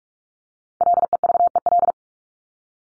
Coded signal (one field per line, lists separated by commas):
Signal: Morse code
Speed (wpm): 44 wpm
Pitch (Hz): 700 Hz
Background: none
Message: LEVEL